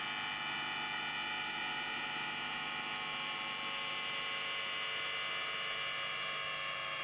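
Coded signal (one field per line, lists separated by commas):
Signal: channel marker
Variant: UVB-76 (The Buzzer)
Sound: a steady, harsh, low-pitched buzz that continues unbroken for the whole clip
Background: radio static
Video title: NZhTI S28 4625kHz USB 0757UTC 04/03/2023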